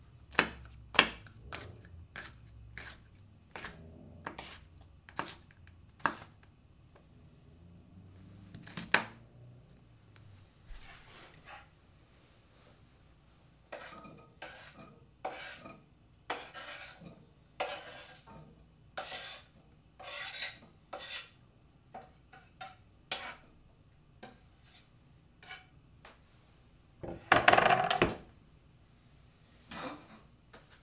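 Cooking pasta, with a steady run of sharp clinks and scrapes from utensils and pots. The knocks come quickly through the first ten seconds, then turn sparser and softer, separated by brief shuffling sounds. Near 27 seconds a loud, ringing clatter stands out.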